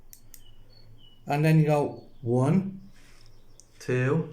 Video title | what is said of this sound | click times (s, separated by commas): New Diabetic Scared of Needles EP.1 | yes and when it's in push this until it clicks all the way around | 0.1 s, 0.3 s